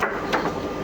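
After a failed try, the last locking segment of a reverse-osmosis filter pressure vessel's end cover is pushed home into the end-cap groove with one sharp, hammer-like knock at 0.0 s, heard over steady broadband background noise. The end cap's locking ring is seated and locked.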